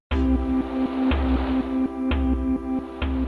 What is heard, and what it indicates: Sensors on the patient's body detect vital signs, and that makes the data into sound. Heart rate controls the tempo temperature determines the notes, and skin sweat drives the melody. Biomusic is being looked at as a way for nonverbal autistic children to express themselves. Here's a calm state of mind.